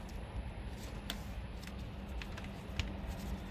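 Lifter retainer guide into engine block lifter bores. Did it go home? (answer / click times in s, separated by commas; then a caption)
no / none. Hydraulic lifters and their retainer guide are handled at the lifter bores of a Mustang V6 engine block during a rebuild. Faint handling noise is broken by small sharp ticks, the strongest near 1.1 s and 2.8 s, with lighter ones around 1.7, 2.2 and 2.4 s. The lifter retainer guide has not yet snapped into place and nothing has seated.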